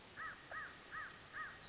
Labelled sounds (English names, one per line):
American Crow